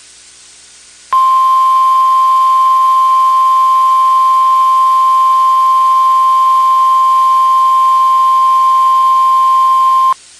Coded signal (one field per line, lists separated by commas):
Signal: Emergency Alert System (SAME) tones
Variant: 1050 Hz attention tone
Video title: Every EAS alerts I've caught from January 2026 EAS #53-#58